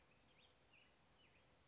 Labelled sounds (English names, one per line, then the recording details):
Black-headed Grosbeak
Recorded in Sonoma County, California